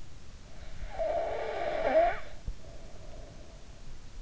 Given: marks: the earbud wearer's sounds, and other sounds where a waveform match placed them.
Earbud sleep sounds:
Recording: sounds in sleep by an in-ear microphone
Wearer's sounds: snoring breath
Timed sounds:
0.65-3.95 s: snoring breath

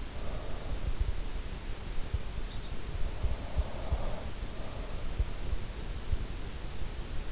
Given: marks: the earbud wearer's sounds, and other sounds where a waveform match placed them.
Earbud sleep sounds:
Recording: sounds in sleep by an in-ear microphone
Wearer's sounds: breath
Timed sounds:
2.96-4.13 s: breath

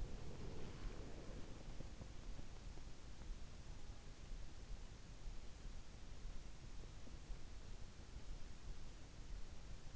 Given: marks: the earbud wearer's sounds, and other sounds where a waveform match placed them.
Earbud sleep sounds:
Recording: sounds in sleep by an in-ear microphone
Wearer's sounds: breath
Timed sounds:
0.00-2.82 s: breath

